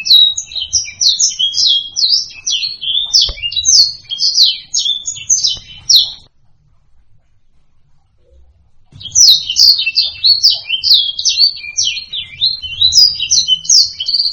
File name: suara kicauan burung blacksang. omkicau